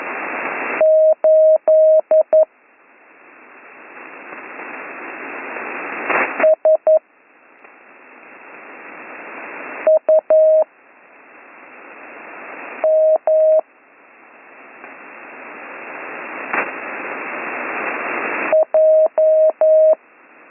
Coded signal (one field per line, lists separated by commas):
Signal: Morse code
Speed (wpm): 11 wpm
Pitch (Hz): 630 Hz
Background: none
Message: 8 S U M J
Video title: Slow Morse Code Course - Week 8 - Learn Morse Code